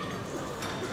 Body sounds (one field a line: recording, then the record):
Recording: coughing mixed with background sound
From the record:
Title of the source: Mid-morning Winter Coughing Fit